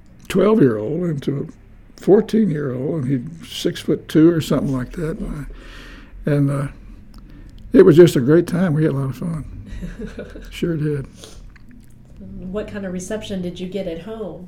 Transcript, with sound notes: twelve year old into fourteen year old, and he’d, six-foot-two, or something like that, why, and, it was just a great time, we had a lot of fun, [chuckles] we sure did.
What kind of a reception did you get at home?